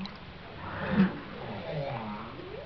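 Whale call: a low tonal sweep that dips and then rises near the end, over a muffled rumbling background.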